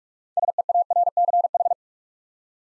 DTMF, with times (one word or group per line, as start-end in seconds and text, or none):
none